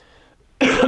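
A single abrupt, harsh cough from an adult man after a brief quiet pause; he is still unwell after a recent illness, with congestion in his chest.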